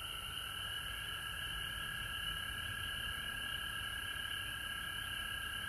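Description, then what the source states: Frogs calling together in a continuous, overlapping chorus of shrill trills, with no breaks, and a soft low rumble underneath. Frogs recorded at home in Georgia on March 19, 2020.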